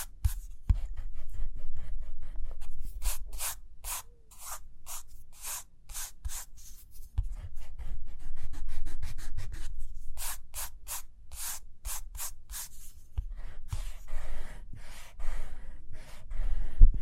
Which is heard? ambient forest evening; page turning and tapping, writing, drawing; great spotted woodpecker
page turning and tapping, writing, drawing